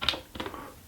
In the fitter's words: push them down backwards they lock into place